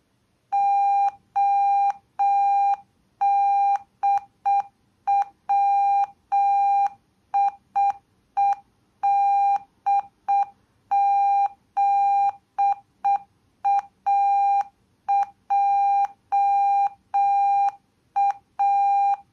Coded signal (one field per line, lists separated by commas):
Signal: Morse code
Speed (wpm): 6 wpm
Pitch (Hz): 800 Hz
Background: none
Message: ODWIEDZAJA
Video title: Ważna wiadomość alfabetem Morse'a